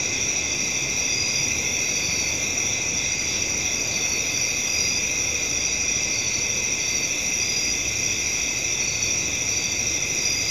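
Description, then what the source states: Steady cricket chorus: layered high-pitched trills running without break, softly wavering, over a constant noise floor. Crickets recorded at night.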